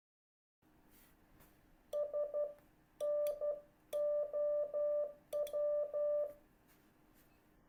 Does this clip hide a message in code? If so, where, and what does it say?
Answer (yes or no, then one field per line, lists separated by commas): yes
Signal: Morse code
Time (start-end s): 1.9-6.2 s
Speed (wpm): 12 wpm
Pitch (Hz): 1180 Hz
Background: none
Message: SNOW